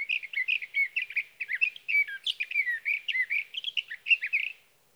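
Sage thrasher singing a rapid, rambling warble of varied chirps and slurs that carries on for about four and a half seconds before stopping.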